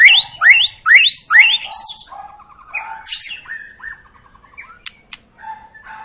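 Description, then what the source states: White-rumped shama song opening with four loud upward-sweeping whistles, then softer warbles, low trills and a couple of sharp clicks. Long lure song (pancingan) of an actively singing (gacor) white-rumped shama, intended to prompt other birds to sing.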